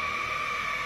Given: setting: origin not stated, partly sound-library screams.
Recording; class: one-second piece from a danger detection set; woman in danger